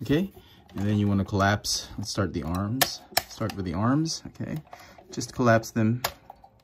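Someone talks while handling a transforming robot toy, folding its plastic arms inward to collapse them into the plastic body. Small clicking sounds occur near the end, but the arms have not yet locked into place; nothing has seated or clicked home yet.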